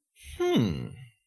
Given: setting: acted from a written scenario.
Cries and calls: vocal sound without words; interest

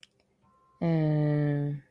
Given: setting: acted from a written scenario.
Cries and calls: vocal sound without words; confusion

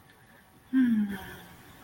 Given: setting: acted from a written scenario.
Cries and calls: vocal sound without words; serenity

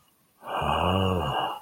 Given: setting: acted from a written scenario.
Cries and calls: vocal sound without words; desire

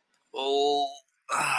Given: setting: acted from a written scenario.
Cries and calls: vocal sound without words; pain

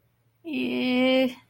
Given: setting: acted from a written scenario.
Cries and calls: vocal sound without words; embarrassment

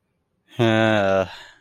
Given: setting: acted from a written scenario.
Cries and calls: vocal sound without words; desire

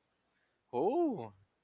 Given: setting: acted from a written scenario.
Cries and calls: vocal sound without words; interest

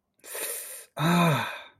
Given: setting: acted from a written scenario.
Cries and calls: vocal sound without words; pain

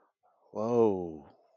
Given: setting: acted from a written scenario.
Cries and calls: vocal sound without words; awe

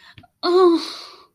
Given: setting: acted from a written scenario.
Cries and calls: vocal sound without words; distress

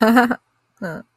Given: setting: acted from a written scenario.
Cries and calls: vocal sound without words; positive surprise

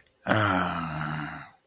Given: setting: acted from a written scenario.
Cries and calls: vocal sound without words; ecstasy

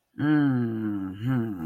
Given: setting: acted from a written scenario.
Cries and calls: vocal sound without words; confusion

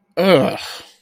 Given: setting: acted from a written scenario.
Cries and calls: vocal sound without words; disgust

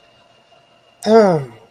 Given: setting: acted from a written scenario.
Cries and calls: vocal sound without words; contempt

